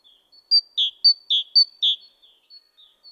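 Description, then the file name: Great tit calling: six loud, high, clipped notes in quick regular succession, bracketed by fainter thin notes before and after. "Parus major"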